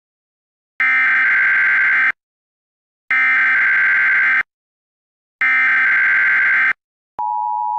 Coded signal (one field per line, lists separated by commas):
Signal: Emergency Alert System (SAME) tones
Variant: header bursts